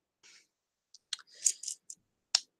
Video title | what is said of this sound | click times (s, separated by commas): Airsoft Modding stream 2-27-2018 | till you hear that click, and then it just completely locks in place. | 2.3 s